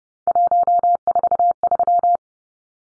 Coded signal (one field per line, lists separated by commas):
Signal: Morse code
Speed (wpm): 30 wpm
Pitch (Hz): 700 Hz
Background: none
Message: 143